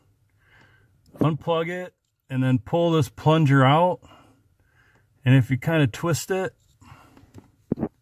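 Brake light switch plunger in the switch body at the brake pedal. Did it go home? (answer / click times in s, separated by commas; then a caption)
released / 7.7 s. Someone talks while the plastic plunger of the brake light switch at the brake pedal of a 1999 Jeep Grand Cherokee 6-cylinder is twisted and pulled out of the switch body to reset it during a brake booster replacement, because the brake light was stuck on. A sharp, short click is heard at 7.7 s as the plunger releases and comes out.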